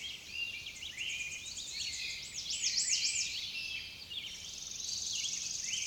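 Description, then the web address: Songbird chorus: fast repeated chirps and whistled phrases overlap constantly amid continuous high twittering. "Sounds of Nature Collection. Songbirds"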